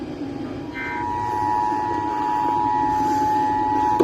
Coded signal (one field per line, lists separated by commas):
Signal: Emergency Alert System (SAME) tones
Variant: 853 and 960 Hz attention tone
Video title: What's Sleep? V2 | EAS Alerts From 8/1-3/2022 (EAS #1,620-1,647)